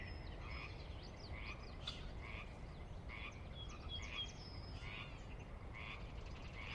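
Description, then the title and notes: Pacific chorus frogs calling, raspy croaks repeated steadily, other frogs overlapping behind. Ever-present on the valley floor of Sinlahekin Valley, Washington, a glacier-carved valley in the Sinlahekin Wildlife Area near the Cascades' northeastern slope; a fixture of the Northwest soundscape; recorded at dusk. "Sinlahekin Valley dusk. the ever-present Pacific Chorus Frogs that are a fixture of the Northwest Soundscape"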